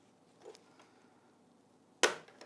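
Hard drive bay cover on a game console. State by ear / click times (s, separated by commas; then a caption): released / 2.0 s. A finger pries the plastic hard drive bay cover on a PS4 Pro game console, with faint scraping and small ticks while it resists. At 2.0 s the cover suddenly pops free with a loud, sharp snap, followed by a softer tap, and it is released.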